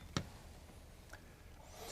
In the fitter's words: it away until you hear it click if the